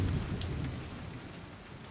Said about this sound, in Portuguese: Tá chovendo aí, aqui tá chovendo. Tá chovendo só fora, dentro de casa tá tudo seco ainda, por enquanto.